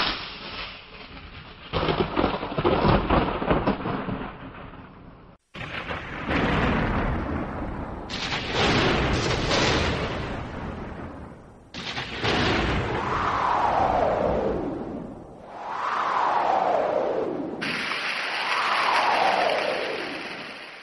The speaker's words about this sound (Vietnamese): bốn phía ngoài lều chợt vang lên tiếng gió rít gào. Gió mỗi lúc một lớn hơn, bầu không chốc chốc nổi tiếng sấm y ục trầm đục